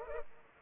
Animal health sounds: mosquito wingbeat signal from an infrared sensor; Culex pipiens

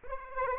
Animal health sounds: mosquito wingbeat signal from an infrared sensor; Aedes aegypti

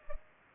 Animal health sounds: mosquito wingbeat signal from an infrared sensor; Culex pipiens

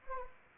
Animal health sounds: mosquito wingbeat signal from an infrared sensor; Anopheles arabiensis

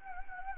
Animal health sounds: mosquito wingbeat signal from an infrared sensor; Anopheles gambiae

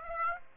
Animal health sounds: mosquito wingbeat signal from an infrared sensor; Aedes aegypti

